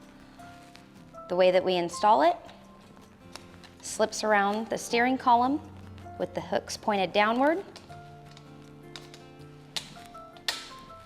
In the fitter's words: clicks into place